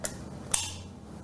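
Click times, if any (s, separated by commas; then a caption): 0.1 s, 0.5 s. A plastic power adapter plug is pushed onto the connector of an Elgato LED light strip, giving two sharp plastic ticks at 0.1 s and 0.5 s, the second one louder. The plug locks in place on the connector.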